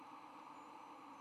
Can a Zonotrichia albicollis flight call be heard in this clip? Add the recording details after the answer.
no. No flight call is heard. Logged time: 22:10 on 9 November 2014